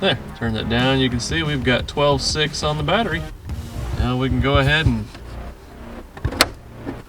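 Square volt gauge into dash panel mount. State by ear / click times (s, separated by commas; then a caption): seated / 6.4 s. A square volt gauge, its wiring already tested, is pushed the last bit into its plastic dash panel mount. Someone talks for the first five seconds, then after a quieter stretch with a couple of small knocks a sharp click is heard at 6.4 s as the gauge snaps in and is seated.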